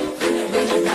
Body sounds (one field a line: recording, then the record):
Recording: coughing mixed with background sound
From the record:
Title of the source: female coughing - coughing sound effects girl